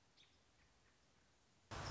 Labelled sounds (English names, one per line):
American Robin